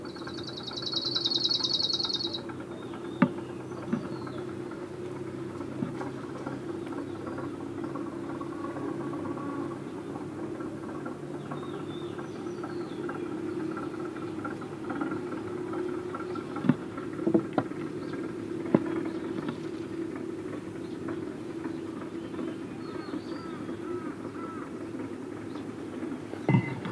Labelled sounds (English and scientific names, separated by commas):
Arctic Warbler (Phylloscopus borealis)